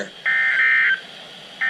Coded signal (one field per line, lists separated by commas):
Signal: Emergency Alert System (SAME) tones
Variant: end-of-message bursts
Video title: Many Missed Alerts | EAS Alerts From 6/21/20 thru 6/24/20 | EAS #81.5-87